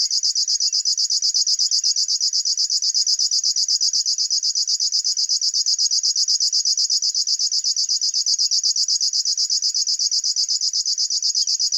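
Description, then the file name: River warbler giving a sustained, insect-like pulsing buzz, rapid and very even, without pause throughout. "Schlagschwirl - Locustella fluviatilis"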